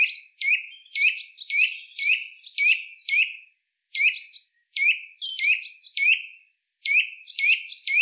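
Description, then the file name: Eurasian nuthatch calls: sharp, clipped notes that drop then hook upward, given in quick runs of about two per second with brief silent gaps. "Sitta europaea"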